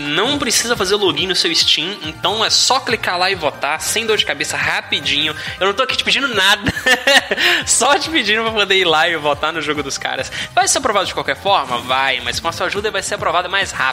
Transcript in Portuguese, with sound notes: Não precisa fazer login no seu Steam, então é só clicar lá e votar, sem dor de cabeça, rapidinho. Eu não tô aqui te pedindo nada. [risos] Só te pedindo pra poder ir lá e votar no jogo dos caras. Vai ser aprovado de qualquer forma? Vai, mas com a sua ajuda vai ser aprovado mais rápido.